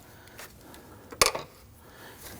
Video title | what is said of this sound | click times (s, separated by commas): How to Replace Exhaust VVT Solenoid 2013-2019 Ford Police Interceptor Utility 3.7L V6 | and push it on. You can hear it and feel it click into place. | 1.2 s